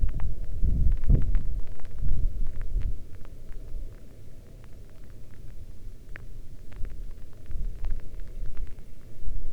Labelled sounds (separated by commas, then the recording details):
wind, rain
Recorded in the Arctic National Wildlife Refuge, Alaska, on 11 August 2019 at 22:34
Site 40